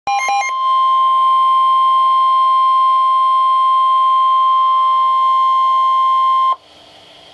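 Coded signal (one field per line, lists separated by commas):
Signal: Emergency Alert System (SAME) tones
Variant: 1050 Hz attention tone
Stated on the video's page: NOAA Weather Radio severe thunderstorm warning received on 162.400 MHz.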